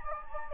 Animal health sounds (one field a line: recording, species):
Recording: mosquito wingbeat signal from an infrared sensor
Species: Anopheles gambiae